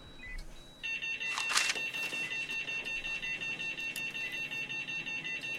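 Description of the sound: Rapid, regular high-pitched monitor beeping in an acted scene: a pulse oximeter alarming as saturation falls.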